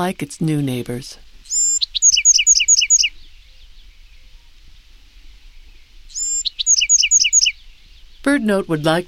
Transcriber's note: Song of different adult male Bewick’s Wren